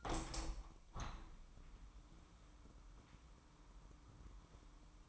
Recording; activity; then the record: daily activity, microphone in the room; open window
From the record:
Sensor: 1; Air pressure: 998.0 hPa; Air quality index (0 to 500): 126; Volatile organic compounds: 3 ppm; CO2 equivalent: 1507 ppm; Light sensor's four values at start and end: 17/57/23/23 and 17/56/23/23